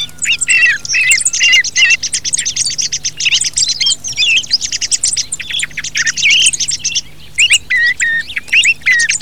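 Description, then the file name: Thrush song: a dense, continuous stream of varied high chirps, trills and whistled phrases with hardly a pause, over a faint steady hum. "TORDO"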